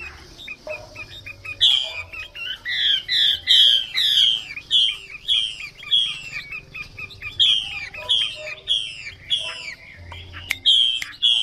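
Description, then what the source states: Chinese hwamei song of loud, rich whistles, each a bright falling slur, repeated in steady rhythm with brief pauses between phrases. Female hwamei singing.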